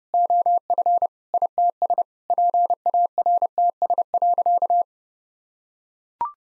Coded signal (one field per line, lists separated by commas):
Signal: Morse code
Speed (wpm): 30 wpm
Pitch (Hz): 700 Hz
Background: none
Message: OF ITS PARTS.